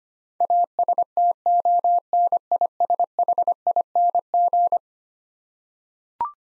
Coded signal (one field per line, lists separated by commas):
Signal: Morse code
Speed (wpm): 25 wpm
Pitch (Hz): 700 Hz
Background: none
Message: ASTONISHING